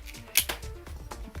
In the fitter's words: we can place it in there and lock it up and take the key out,